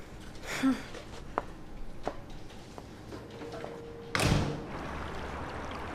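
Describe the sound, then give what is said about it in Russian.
A door slams shut with a single heavy, booming thud after a few seconds of faint taps and soft rustling over a low, steady background hum, as a red-haired young woman with a displeased face slams an office door shut from the outside. “Но, услышав Елене, она с недовольным лицом захлопывает дверь с обратной стороны.”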